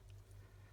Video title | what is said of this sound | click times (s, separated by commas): Easy Projects with Stampin’ Up! Awash In Beauty Designer Series Paper #2 | just locks into place. | 0.1 s